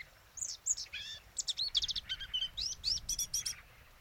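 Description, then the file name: Eurasian blackcap warbling a brisk sequence of clear fluty whistles and scratchy chirps, notes rising and falling quickly, with faint low rumble behind. "Sylvia atricapilla"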